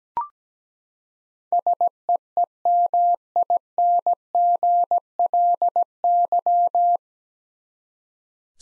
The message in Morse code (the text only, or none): SEEMINGLY